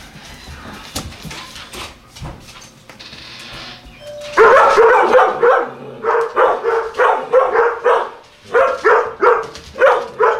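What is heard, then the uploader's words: Dogs bark over scattered clicks and scuffles of paws in the first few seconds. From about four seconds on, loud, bright barks come in quick bursts, roughly one or two per second, with short pauses, and continue to the end. We needed the sounds of 4 dogs running and barking. We setup our recording gear at Cmdln’s house and did our own Foley recording session. Fergus’ Foley Follies With Collies.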